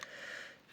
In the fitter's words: tac, ça se déclipse là.